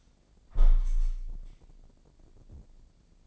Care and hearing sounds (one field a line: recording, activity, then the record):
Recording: daily activity, microphone in the room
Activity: close window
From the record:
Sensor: 5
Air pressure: 1012.3 hPa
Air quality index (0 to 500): 163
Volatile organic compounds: 2 ppm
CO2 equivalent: 1101 ppm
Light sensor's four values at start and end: 102/246/105/117 and 102/244/104/117